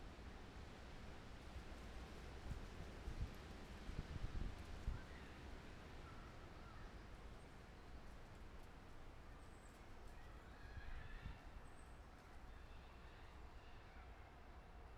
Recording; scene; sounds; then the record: everyday scene through a hearing-aid microphone; wind on the microphone; gentle breeze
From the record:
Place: parking lot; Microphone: behind the ear, left, front